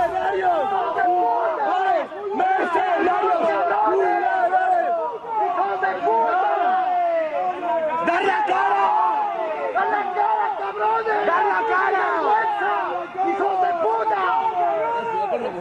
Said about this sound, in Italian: Vi faccio sentire cos'è successo l'altra notte al Camp Nou, dove per il secondo giorno consecutivo i tifosi hanno atteso il rientro della squadra battuta, in questo caso nella finale di Coppa del Rey, dal Real Madrid, per contestarla.